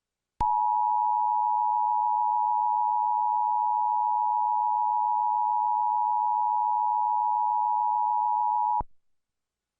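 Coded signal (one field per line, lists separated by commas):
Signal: Emergency Alert System (SAME) tones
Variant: 853 and 960 Hz attention tone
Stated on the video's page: Mock EAS Emergency Action Notification set on Mars, not a real alert.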